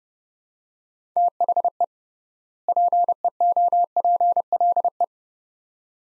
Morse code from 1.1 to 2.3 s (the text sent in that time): THE